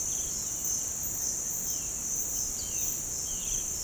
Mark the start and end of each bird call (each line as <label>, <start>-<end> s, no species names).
bird call, 0.02-0.69 s
bird call, 1.63-2.01 s
bird call, 2.51-2.91 s
bird call, 3.26-3.64 s